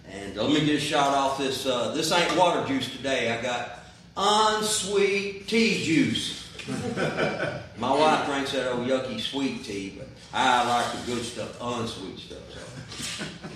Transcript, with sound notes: And let me get a shot off this, this ain't water juice today. I got unsweet tea juice. (laughing) My wife drinks that old yucky sweet tea, but I like the good stuff, unsweet stuff.